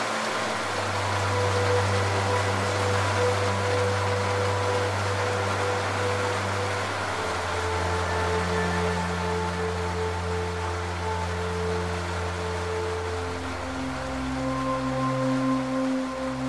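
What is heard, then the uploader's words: Rain makes a steady, dense hiss that stays even throughout. Underneath runs a low droning hum, like a motor, whose pitch shifts around seven seconds and again near thirteen seconds, with fainter higher whines layered over it. Sounds of rain.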